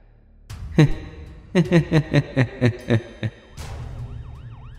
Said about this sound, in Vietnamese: Tiếng xe cứu thương vang lên.